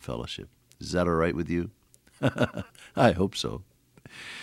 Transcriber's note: chuckle